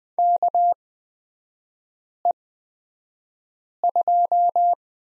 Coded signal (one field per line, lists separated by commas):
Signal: Morse code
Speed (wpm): 20 wpm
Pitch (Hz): 700 Hz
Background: none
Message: KE2